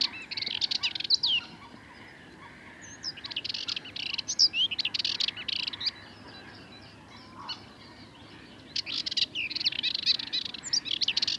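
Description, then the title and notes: Sardinian warbler song: bursts of fast, harsh chattering notes separated by pauses of a few seconds. Recorded 22 March 2019 at Le Charnier, Camargue, at twilight; a long monologue of incredibly nervous, rapid song; Wildtronic parabola, MKH8020 microphone, MixPre 3 recorder. "Le Charnier - Camargue. une Fauvette mélanocéphale (Sylvia melanocephala)"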